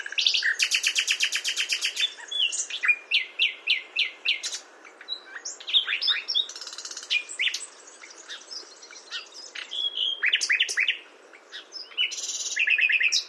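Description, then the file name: Common nightingale song opening with a fast, loud rattle of repeated notes, then varied whistles, chirps and slurred phrases, ending with another rapid repeated burst. "Luscinia megarhynchos"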